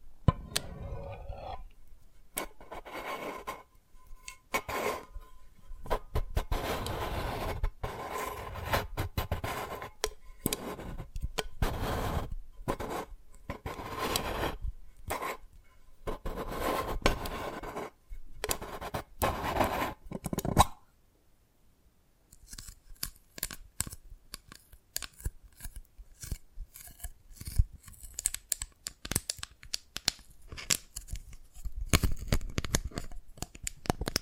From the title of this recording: Dalgona Candy Challenge Tapping, Cracking Triggers